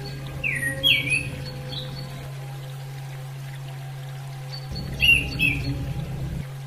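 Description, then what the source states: Orange-headed thrush chirping, a few sharp falling notes early and another pair about four seconds later, with pouring water and a steady hum. Female; therapy audio used for bird training.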